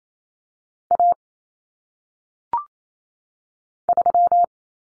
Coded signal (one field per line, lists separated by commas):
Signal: Morse code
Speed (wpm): 28 wpm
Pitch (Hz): 700 Hz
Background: none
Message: A 3